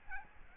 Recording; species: mosquito wingbeat signal from an infrared sensor; Aedes albopictus